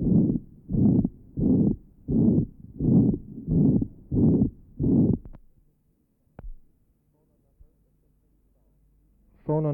Patient with ventricular septal defect, recording taken at pulmonary area. On inspiration, degree of splitting. 0.06 seconds. On expiration, 0.03 seconds.